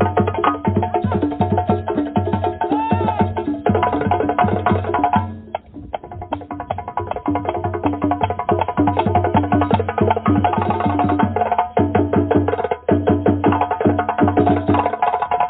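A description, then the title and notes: Drumming plays steadily throughout, a dense run of regular strikes with deep thumping hits and ringing, pitched tones over them. The sound is muffled, lacking any bright top. The beat thins and drops briefly around six seconds, then resumes just as busily. DRUMMING SOUNDS,VIBRATION FREQUENCIES.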